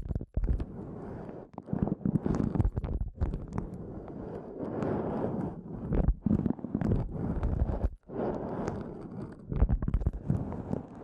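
Eardrum massage sounds: muffled, rubbing pressure that stays low and thick, with scratchy crackles and soft taps scattered throughout. The texture surges and eases unevenly, broken by brief near-silent gaps around 0.3, 1.5, 3, 6 and 8 seconds.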